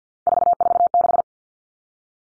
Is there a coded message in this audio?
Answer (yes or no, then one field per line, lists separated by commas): yes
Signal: Morse code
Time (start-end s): 0.3-1.2 s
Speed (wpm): 50 wpm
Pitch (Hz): 700 Hz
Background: none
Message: 446